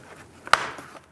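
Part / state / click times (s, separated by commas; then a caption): plastic hitch ball cap into rear bumper / seated / 0.5 s. A plastic cap for the hitch-ball hole on the rear bumper of a 2000-2006 Toyota Tundra is lined up and pressed into the bumper. After a faint tick, one sharp, loud snap comes at 0.5 s as its tabs lock in, and the cap is seated.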